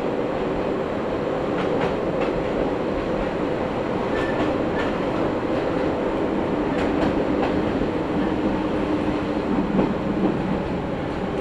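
Inside a train running along a local line, a steady, dense rumble of wheels and motor fills the whole clip. Faint clicks and short rattles come through irregularly, especially around two, four and seven seconds, over a low, constant hum.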